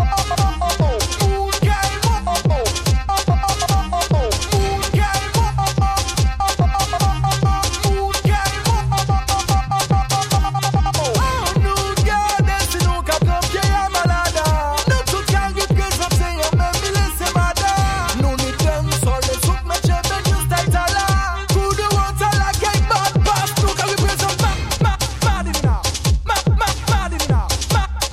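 A Friday evening at the bowling in St Savin, filled with loud music with a fast, regular beat and heavy bass from start to finish. Melody lines shift above the steady pulse, and the bass drops out briefly around ten seconds.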